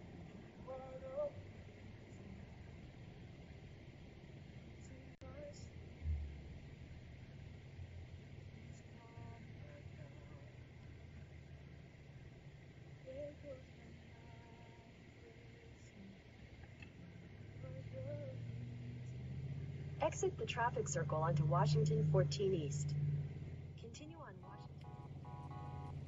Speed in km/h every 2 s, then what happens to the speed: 75, 66, 51, 38, 28, 23, 23, 24, 32, 37, 46, 59, 62.
0-10 brakes to 23. 10-15 steady at about 23. 15-26 speeds up to 62.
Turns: none.